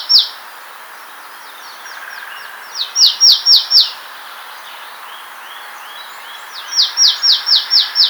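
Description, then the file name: Marsh tit: an opening note, then two runs of several high, downslurred notes about four seconds apart. "Poecile palustris"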